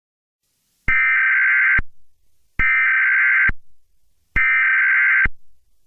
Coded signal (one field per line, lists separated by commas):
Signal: Emergency Alert System (SAME) tones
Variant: header bursts